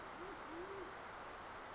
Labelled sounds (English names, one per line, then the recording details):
Band-tailed Pigeon
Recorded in Sonoma County, California